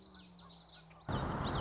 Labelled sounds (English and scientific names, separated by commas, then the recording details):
Common Yellowthroat (Geothlypis trichas)
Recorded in Sonoma County, California